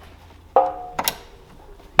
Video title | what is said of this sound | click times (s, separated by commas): 11-14 5.0 F-150 BBK 90mm Throttle Body & Catch Can Install | So we're gonna go ahead and snap this down here on the intake in place. You hear that snap in, and | 2.0 s